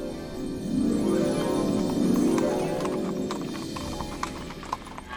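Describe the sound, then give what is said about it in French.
Horses' hooves clip-clop in an uneven rhythm of sharp knocks over a steady low rumble as horse-drawn wagons carrying a pioneer family roll along the roads, the hoofbeats growing crisper toward the end. “Avec son père, sa mère et ses 5 frères et sœurs, elle a passé son enfance sur les routes, dans des chariots tirés par des chevaux.”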